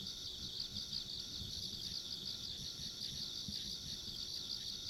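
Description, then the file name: Insects trilling in a constant high-pitched chorus with a slight rhythmic pulse, low rumble beneath. Ambient insect sounds along a rural country road. "田舎道の虫の環境音"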